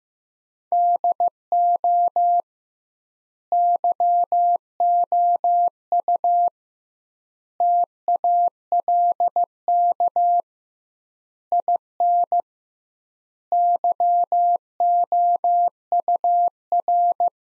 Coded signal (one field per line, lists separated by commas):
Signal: Morse code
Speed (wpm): 15 wpm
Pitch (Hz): 700 Hz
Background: none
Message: DO YOU TALK IN YOUR